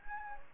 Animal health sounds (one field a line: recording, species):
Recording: mosquito wingbeat signal from an infrared sensor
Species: Anopheles gambiae